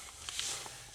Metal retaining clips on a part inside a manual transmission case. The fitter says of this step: and when you hear that that means it's unhooked and then we turn this to the left